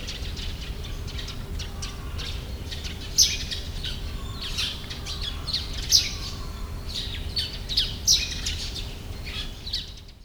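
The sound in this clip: Bird chirping, quick high twittering notes in loose bursts with a few louder sharp chirps, against a constant low hum.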